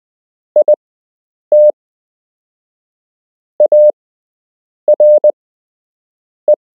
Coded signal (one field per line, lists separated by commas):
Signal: Morse code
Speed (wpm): 20 wpm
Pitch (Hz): 600 Hz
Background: none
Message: IT ARE